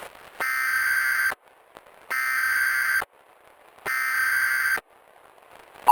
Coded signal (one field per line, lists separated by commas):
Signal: Emergency Alert System (SAME) tones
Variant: header bursts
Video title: [EAS 08:14:2018] Remake (Flashing Lights Warning)